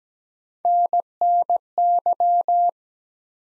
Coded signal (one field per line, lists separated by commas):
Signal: Morse code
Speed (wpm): 17 wpm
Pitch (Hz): 700 Hz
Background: none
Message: NNY